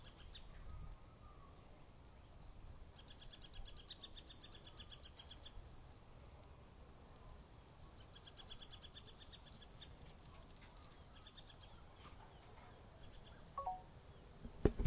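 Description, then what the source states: Bird giving a few fast high trills of repeated notes with pauses between, over steady low background noise, with a few clicks at the end. Suburban atmosphere.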